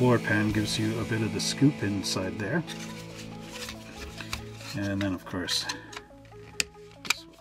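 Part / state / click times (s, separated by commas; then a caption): plastic model car body onto chassis floor pan / seated / 6.6 s, 7.1 s. During a dry fit of a 1/24 scale Monogram 1966 Chaparral 2D Coupe plastic model car kit, the white plastic body is pressed down onto the floor pan and chassis while someone talks over background music. Two sharp clicks at 6.6 s and 7.1 s mark the body snapping into place, seated on the chassis.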